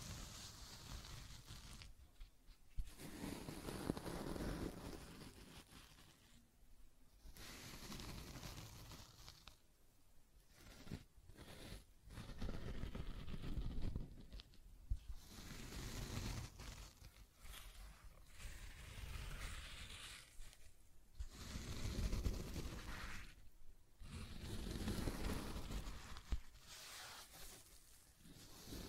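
Scratching and tracing strokes rasp in uneven bursts, bright and coarse, with brief pauses near 3, 7, 11, 15 and 21 seconds.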